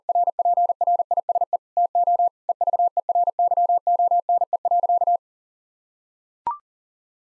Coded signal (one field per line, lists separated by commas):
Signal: Morse code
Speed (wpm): 40 wpm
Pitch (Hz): 700 Hz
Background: none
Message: RPRISE TO EVERYONE.